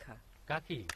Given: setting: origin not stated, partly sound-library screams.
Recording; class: one-second piece from a danger detection set; normal situation